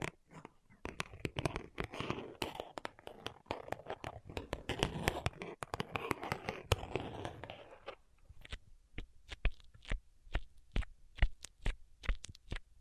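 Tapping sounds for tingles, with no talking. For the first eight seconds, quick, dense taps and scratchy rustling overlap in a busy flurry. After that they thin out into sparse, sharp, evenly spaced taps, roughly two per second, with short silences between.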